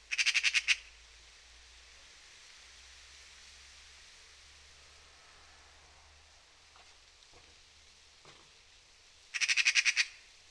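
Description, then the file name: Eurasian magpie chattering twice, each a harsh, rapid burst of several grating notes, the bursts nearly nine seconds apart with quiet faint background noise between. "Pica pica"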